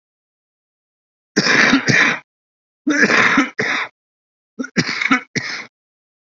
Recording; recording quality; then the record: shallow voluntary cough; excellent, no background noise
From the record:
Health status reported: COVID-19 positive, moderate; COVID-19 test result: positive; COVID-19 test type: RT-PCR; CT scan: not taken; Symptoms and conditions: breathing difficulty, fatigue, hypertension, diabetes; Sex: male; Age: 42 years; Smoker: yes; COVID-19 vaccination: both doses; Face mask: worn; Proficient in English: no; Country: India